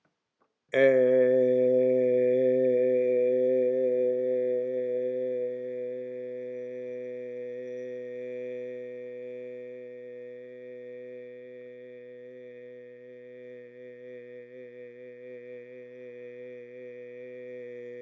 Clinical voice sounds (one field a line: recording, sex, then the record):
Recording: sustained vowel /e/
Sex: male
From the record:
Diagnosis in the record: healthy control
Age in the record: 68 years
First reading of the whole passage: 59 s, 8.4 characters per second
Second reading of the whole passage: 56 s, 8.8 characters per second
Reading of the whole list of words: 34 s, 8.3 characters per second